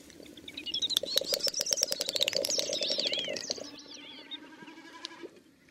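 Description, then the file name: Great snipe display: a rapid run of dry clicks with wavering whistled notes sliding up and down above a low hum, then quieter whistles as it fades. "Dubelt"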